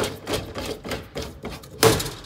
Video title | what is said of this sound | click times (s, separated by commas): Thule Motion XT Alpine 450 Liter + Wingbar edge evo " Demo video" Extended Version | hörde det där, klick. Det är inte riktiga klicket, utan det är bara haspen som sätter fast själva snabbfästen i den här skåran. | 1.8 s